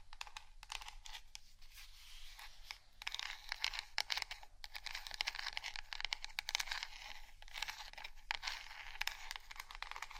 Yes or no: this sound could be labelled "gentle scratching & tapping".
yes